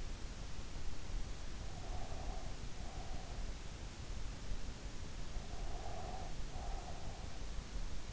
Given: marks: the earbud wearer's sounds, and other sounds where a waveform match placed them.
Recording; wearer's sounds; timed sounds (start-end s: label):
sounds in sleep by an in-ear microphone; breath
1.85-3.47 s: breath
5.37-7.33 s: breath